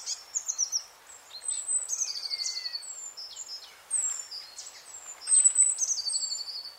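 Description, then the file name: Eurasian blue tit calling in thin, high, buzzy chattering bursts, with one lower descending whistle, against a quiet background. "Cyanistes caeruleus"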